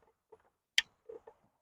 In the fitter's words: and I just heard it click